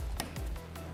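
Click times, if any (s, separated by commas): none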